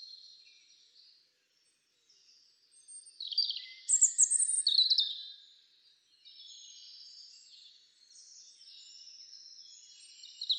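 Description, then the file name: European robin singing thin, high warbled phrases that slide up and down, with a louder burst of sweet notes midway and drawn-out wispy tones between. "Erithacus rubecula"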